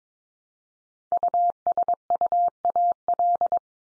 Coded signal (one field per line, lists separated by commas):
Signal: Morse code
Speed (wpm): 22 wpm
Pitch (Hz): 700 Hz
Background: none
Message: USUAL